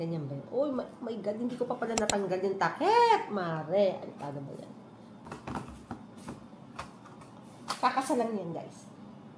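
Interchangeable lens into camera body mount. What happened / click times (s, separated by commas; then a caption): The lens is being handled but has not yet clicked into the mount / none. Someone talks while handling an interchangeable zoom lens at a camera body's bayonet mount, with a few brief, soft handling taps and rustles between about 5.3 and 6.8 s. Nothing has seated or clicked yet; the lens is not yet locked into the mount.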